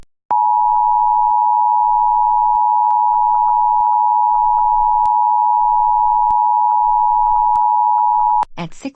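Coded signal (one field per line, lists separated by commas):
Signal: Emergency Alert System (SAME) tones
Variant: 853 and 960 Hz attention tone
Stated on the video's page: Fictional EAS scenario about a red supergiant explosion.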